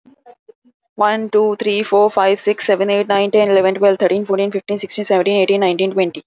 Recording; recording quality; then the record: counting at a fast pace; excellent, no background noise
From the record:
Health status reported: healthy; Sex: female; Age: 31 years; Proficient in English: yes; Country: India